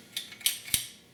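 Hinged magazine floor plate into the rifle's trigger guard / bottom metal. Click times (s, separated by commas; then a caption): 0.7 s. During reassembly of a Winchester Model 70 Extreme Weather SS .300 Win Mag rifle, the hinged metal magazine floor plate is swung up into the trigger guard and bottom metal and pressed until it snaps shut. Light metallic clicks at about 0.2 and 0.5 s lead to a sharp snap with a low thump at 0.7 s, when the floor plate seats in place.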